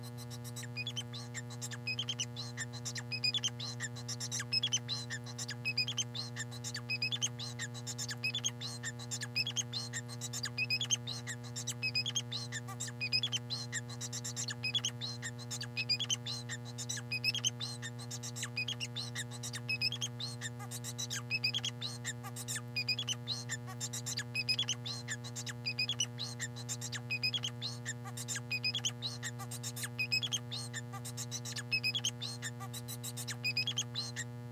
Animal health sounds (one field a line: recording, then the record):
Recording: song of a male Bengalese finch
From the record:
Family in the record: son of father 4